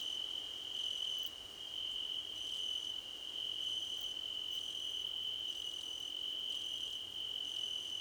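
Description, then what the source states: Cricket choir: a shrill unbroken trill and higher chirp bursts at regular intervals, steady and even. Several crickets singing together in a chorus, described as a choir competition.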